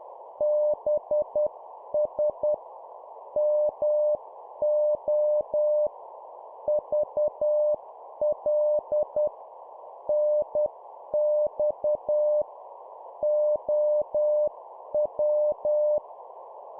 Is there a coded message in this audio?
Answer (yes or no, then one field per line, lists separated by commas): yes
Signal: Morse code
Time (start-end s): 0.4-16.0 s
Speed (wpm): 10 wpm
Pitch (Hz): 600 Hz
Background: none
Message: BS MO VL NX OW